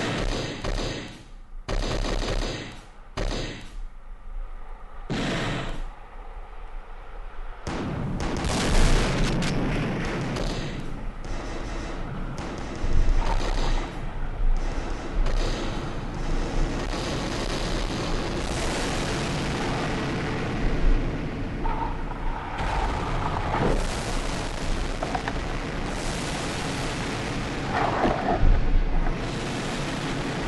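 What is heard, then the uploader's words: A dense war scene of booms and gunfire, opening with short, sharp bursts separated by brief gaps. From about eight seconds a heavy, continuous rumble takes over, rising and falling, with further impacts and a few thin, higher tones near twenty-two and twenty-seven seconds. The beach, bombs, parachutes, gunfire and a song.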